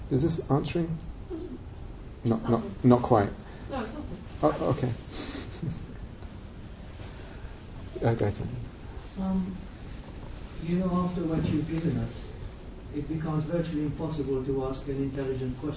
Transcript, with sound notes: Is this answering...? Not quite?
No, it's lovely.
Oh, okay. [laughs]
You know, after what you've given us, it becomes virtually impossible to ask an intelligent question.